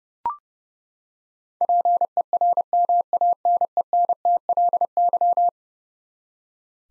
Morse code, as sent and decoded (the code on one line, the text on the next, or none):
.--. . .-. -- .- -. . -. - .-.. -.--
PERMANENTLY